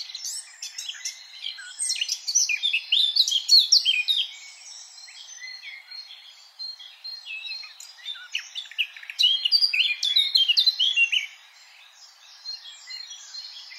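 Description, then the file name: Eurasian blackcap song: a dense, fast warble of varied high notes for several seconds, a quieter stretch, then another bright burst before dropping quiet again. "Sylvia atricapilla"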